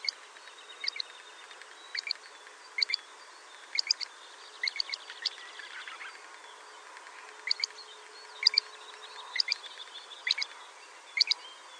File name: Averla maggiore